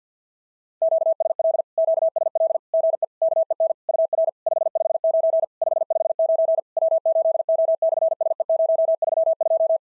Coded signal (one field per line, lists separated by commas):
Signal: Morse code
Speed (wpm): 46 wpm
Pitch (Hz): 660 Hz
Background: none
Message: QSL QSL GE KEN UR 559 559 W8O/SE032